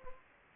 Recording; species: mosquito wingbeat signal from an infrared sensor; Anopheles gambiae